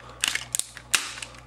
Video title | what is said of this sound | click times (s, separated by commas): Transformers ROTF: Leader Jetfire pt. 2 - SSJ Reviews 141 | there we go heard that very loud snap | 1.0 s